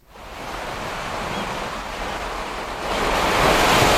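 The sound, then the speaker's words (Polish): Steady wash of calm ocean surf on a shore, a soft continuous hiss that swells louder about three seconds in as a wave rolls up, with faint wind beneath. “Przenosimy się na wybrzeże, by spojrzeć w płaski horyzont spokojnego oceanu.”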